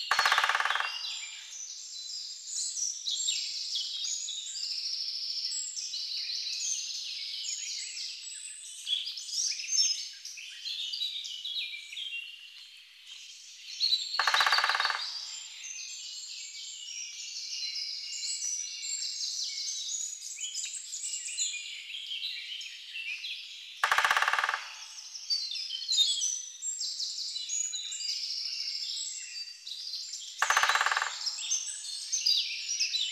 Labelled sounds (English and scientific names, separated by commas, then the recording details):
Great Spotted Woodpecker (Dendrocopos major) drumming
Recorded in the wild
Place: Lilienhof / Kaiserstuhl, Baden-Württemberg, DE
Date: 2009-05-03
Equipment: MiniDisc Sharp MT 20 H
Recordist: Schwarz, Dieter